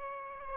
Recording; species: mosquito wingbeat signal from an infrared sensor; Aedes aegypti